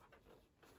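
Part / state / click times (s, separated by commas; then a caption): cheek pad in motorcycle helmet shell / not seated / none. The last cheek pad section is worked into a motorcycle helmet shell by hand, toward its plastic retaining tabs. Soft rubbing and handling noises are heard, with a brief louder bump at about 0.1 s. Nothing has seated or clicked yet.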